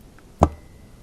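A new valve stem oil seal is pressed onto the valve guide in a cylinder head and seats with one sharp click at 0.4 s, a bright snap with a short low-end thump that fades within about 0.15 s. Before and after, only a faint tick near 0.2 s and low background hiss are heard, and the seal ends up seated.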